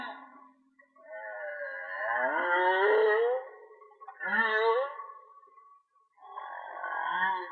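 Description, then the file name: Whale song with a long rising, wavering moan, then a short bright unit and a steadier harmonic tone. "Whale Song-colin"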